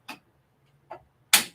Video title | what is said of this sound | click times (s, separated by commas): HOW TO EMBROIDER ON A CURVED NECKLINE OF A SWEATSHIRT ‼️ | That's a click and that's a click. That way you know that your hoop is stable | 0.1 s, 1.3 s